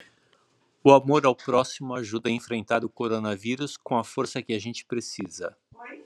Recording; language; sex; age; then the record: spoken sentence; Brazilian Portuguese; male; 50 to 59 years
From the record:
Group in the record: control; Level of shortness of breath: 0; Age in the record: 58 years